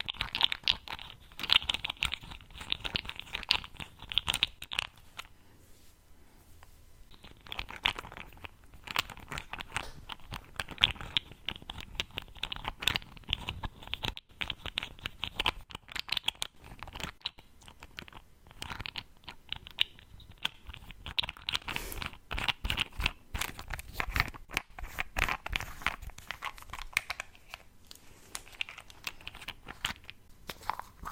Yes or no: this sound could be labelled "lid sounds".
yes